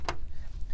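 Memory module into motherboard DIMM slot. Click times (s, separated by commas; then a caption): 0.1 s. A memory module is pressed into a DIMM slot on a Dell PowerEdge T610 motherboard, and the second retention latch on the other end of the slot clicks closed at 0.1 s with a sharp, bright snap over a low background hum. A faint tick follows near 0.6 s. With clicks heard on both sides, the module is fully seated.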